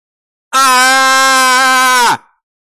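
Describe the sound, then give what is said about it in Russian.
A young woman lets out a single loud, sustained scream in a ship's cabin as her face is burned, holding a steady, strained pitch for about a second and a half before it breaks and drops off abruptly. “Крик девушки, а за ним и вонь паленой плоти разносится по каюте.”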